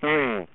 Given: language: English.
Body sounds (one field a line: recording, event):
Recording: throat vibration sensor signal played as sound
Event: speech